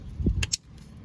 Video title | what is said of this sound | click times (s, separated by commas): 2013-2018 Toyota Rav4 lighted window switches installation | So just push it like this. Click. | 0.4 s, 0.5 s